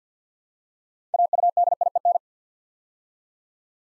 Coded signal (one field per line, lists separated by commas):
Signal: Morse code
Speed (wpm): 48 wpm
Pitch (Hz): 700 Hz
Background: none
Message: AUDIEN